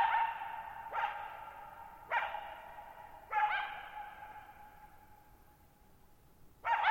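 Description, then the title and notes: Coyote barking: several sharp barks, each with a long fading echo, the last after a longer pause. Lone coyote at night, July 14, 2019, near Thirtymile Meadows, Okanogan National Forest, Okanogan High Country, Pacific Northwest, 6400 ft (1950 m); high dry plateau, shallow bowl-shaped meadow with boggy ground. "Lone Coyote at Thirtymile Meadows. the night of July 14, 2019, camped near Thirtymile Meadows in the Okanogan National Forest at 6400 ft (1950 m)"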